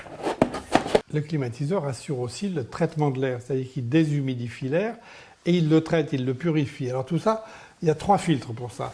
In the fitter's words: et il me reste juste à fermer la goulotte en posant son capot donc qui se clipse le